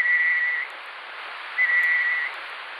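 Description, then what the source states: Night parrot calls: two drawn-out, clear whistles, each about two-thirds of a second long on a steady pitch with a slight upward lift at the end, separated by a gap over a steady hiss. Newly found population in Western Australia's Great Sandy Desert, found by Aboriginal rangers; nocturnal ground-dwelling bird.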